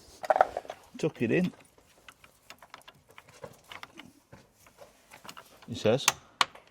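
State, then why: Seated. Someone talks while fitting a replacement AL-KO hitch arm to a caravan hitch, tucking in the spacer amid small clicks and rattles of the parts. The part is pushed home and a single sharp click at 6.4 s shows the arm and spacer seated in place.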